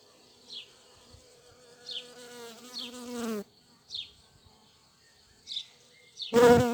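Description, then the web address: Bee wing buzzing, a harmonic drone that swells and sweeps downward as insects pass, with short high chirps repeated between passes and a loud burst at the end. Bees and a hummingbird in flight, recorded 7 May 2022. "Vols Bourdnabeilles 220507-Abeillesetcolibri"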